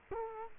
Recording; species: mosquito wingbeat signal from an infrared sensor; Culex quinquefasciatus